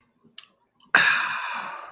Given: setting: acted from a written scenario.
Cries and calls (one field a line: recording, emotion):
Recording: vocal sound without words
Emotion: serenity